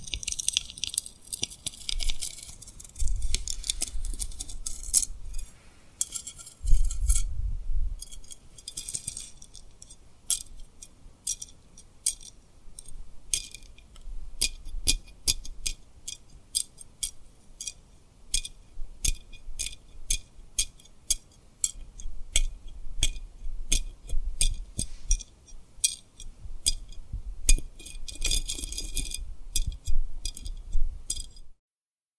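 Rhinestones are tapped and rubbed in quick, bright clicking bursts, dense scratchy rubbing early on, then steadier separate taps with a few low thumps.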